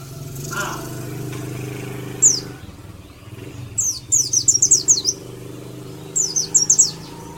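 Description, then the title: White-eye giving quick strings of thin, high chirps in short bursts, with a low engine-like hum throughout. Dakun-type white-eye from Malang, singing in the fast ngalas style. "Pleci dakun malang ngalas speed (Semut Merah)"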